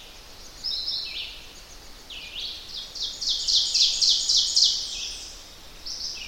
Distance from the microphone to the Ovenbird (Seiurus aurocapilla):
about 20 m